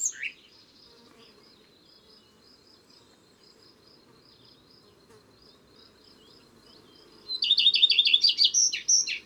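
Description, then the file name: Common redstart song: a brief note at the start, then a long stretch of near silence with a thin high tone, then one loud phrase near the end. Repeated clear notes run into a quick scratchy twitter. "Rougequeue a front blanc"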